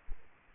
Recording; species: mosquito wingbeat signal from an infrared sensor; Aedes aegypti